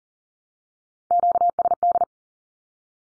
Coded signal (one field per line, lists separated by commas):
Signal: Morse code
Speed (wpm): 38 wpm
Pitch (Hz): 700 Hz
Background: none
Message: QSD